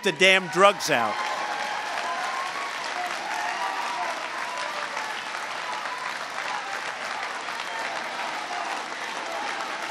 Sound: applause

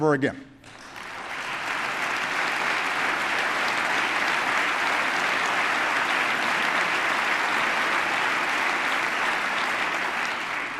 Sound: applause

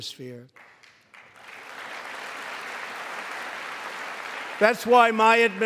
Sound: applause

